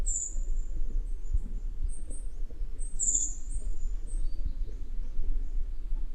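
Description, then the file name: Togian white-eye giving several short, high, thin notes scattered throughout over a steady low background noise. Togian Islands. "kacamata togian"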